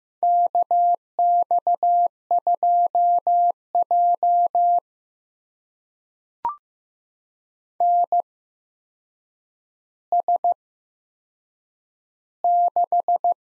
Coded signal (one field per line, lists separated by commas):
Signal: Morse code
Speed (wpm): 15 wpm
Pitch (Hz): 700 Hz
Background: none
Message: KX2J NS6